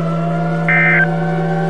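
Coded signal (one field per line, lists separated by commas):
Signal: Emergency Alert System (SAME) tones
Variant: end-of-message bursts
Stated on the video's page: Fictional scenario about an Idaho supervolcano eruption, made with valid EAS tones.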